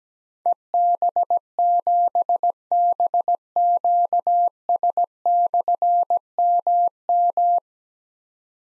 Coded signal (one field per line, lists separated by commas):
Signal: Morse code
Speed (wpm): 17 wpm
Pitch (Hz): 700 Hz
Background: none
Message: EB7BQS/MM